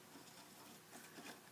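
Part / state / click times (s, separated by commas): chain looper threading mechanism in a serger / not seated / none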